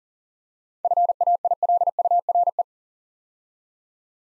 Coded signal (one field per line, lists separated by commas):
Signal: Morse code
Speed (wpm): 39 wpm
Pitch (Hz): 700 Hz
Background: none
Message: FAILURE